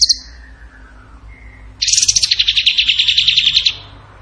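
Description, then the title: Bird song: a short high note, a soft thin whistle, then a loud rippling trill of rapid pulses lasting nearly two seconds. Training song (masteran) in the tembakan gacor style. "Masteran Burung Tembakan Gacor"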